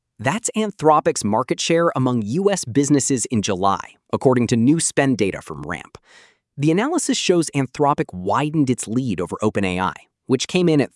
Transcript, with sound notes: That’s Anthropic’s market share among U.S. businesses in July, according to new spend data from Ramp. [with emphasis] The analysis shows Anthropic widened its lead over OpenAI, which came in at